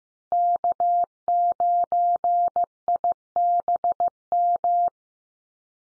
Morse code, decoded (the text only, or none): K9IBM